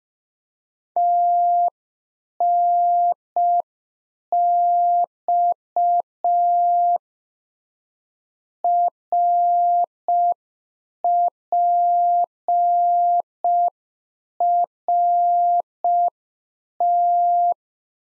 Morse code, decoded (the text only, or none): TNX RPRT